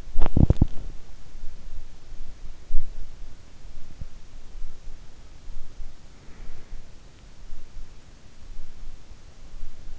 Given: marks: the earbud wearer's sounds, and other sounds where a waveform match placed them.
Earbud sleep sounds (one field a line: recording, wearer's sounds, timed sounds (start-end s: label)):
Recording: sounds in sleep by an in-ear microphone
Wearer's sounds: teeth grinding, breath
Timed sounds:
0.00-1.00 s: teeth grinding
5.95-7.07 s: breath